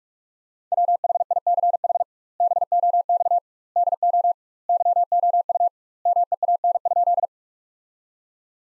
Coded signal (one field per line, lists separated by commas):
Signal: Morse code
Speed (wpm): 46 wpm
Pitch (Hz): 700 Hz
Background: none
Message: WHICH BOX DO YOU MEAN?